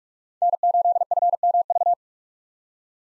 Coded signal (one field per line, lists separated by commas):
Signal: Morse code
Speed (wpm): 41 wpm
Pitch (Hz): 700 Hz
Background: none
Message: N8FMV